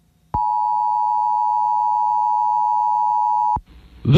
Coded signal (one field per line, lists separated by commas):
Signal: Emergency Alert System (SAME) tones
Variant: 853 and 960 Hz attention tone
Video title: SOUTH CHARLESTON BLACK EAGLES VS. GREENBRIER EAST SPARTANS